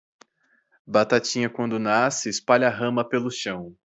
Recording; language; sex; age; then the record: short text; Brazilian Portuguese; male; 20 to 29 years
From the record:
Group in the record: control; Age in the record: 26 years